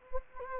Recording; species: mosquito wingbeat signal from an infrared sensor; Anopheles gambiae